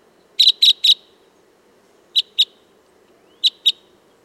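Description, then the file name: Red crossbill flight calls: sharp, clipped kip notes given in a quick triplet, then two pairs, against a faint low hum. Type 10 flight calls. "Red Crossbill Type N 10-FCs"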